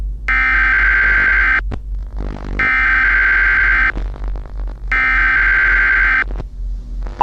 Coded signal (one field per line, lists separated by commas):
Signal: Emergency Alert System (SAME) tones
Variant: header bursts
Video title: Emergency Alert System (2000-2001?)